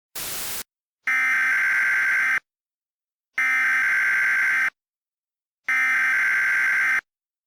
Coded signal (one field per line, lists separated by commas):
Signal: Emergency Alert System (SAME) tones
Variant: header bursts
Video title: EAS Mock 11: Powder